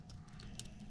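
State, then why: Not seated. During reassembly of a Kel-Tec PMR-30 .22 Magnum pistol, the recoil spring and guide are handled against the buffer and locking block in the steel slide. Soft handling noise carries two short sharp ticks at about 0.4 s and 0.6 s over a low background hum. Nothing has seated or clicked into place yet.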